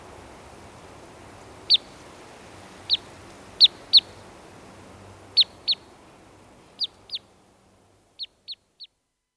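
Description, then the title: Red crossbill calls: clear, sharp notes given singly or in pairs, ending in a quick triple as the background hiss falls away. "Viikon luontoääni: Pikkukäpylintu"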